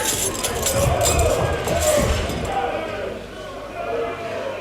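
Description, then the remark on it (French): A large approaching crowd armed with pickaxes and pikes, with the queen's pensioners on horseback in battle order: dense, restless voices with metallic clinks and low thumps of horses and marching, a steady loud rumble that eases slightly toward the end. “Les pensionnaires de la reine à cheval et en bataille, tout cela vient par ici.”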